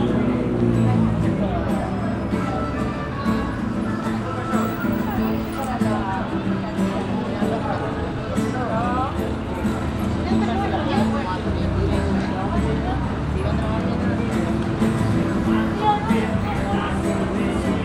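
A busy pedestrian street at a corner, filled with overlapping voices from passersby talking. The crowd chatter stays steady and dense throughout, with a low traffic rumble underneath and scattered footsteps and small clatters.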